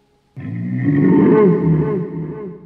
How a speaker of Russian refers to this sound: В следующий миг я получил ответ. Ревун заревел. И чудовище ответило.